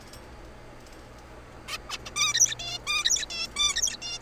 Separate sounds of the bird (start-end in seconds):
1.68-1.77, 1.89-1.97, 2.06-2.10, 2.16-2.33, 2.34-2.55, 2.59-2.78, 2.87-3.25, 3.30-3.47, 3.56-3.75, 3.76-3.97, 4.02-4.19